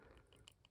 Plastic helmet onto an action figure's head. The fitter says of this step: and there is a little click and it pops right in so there's that now one thing to note